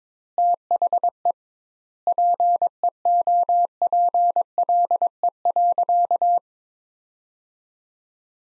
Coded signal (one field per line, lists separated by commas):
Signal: Morse code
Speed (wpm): 22 wpm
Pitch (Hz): 700 Hz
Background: none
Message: THE PEOPLE.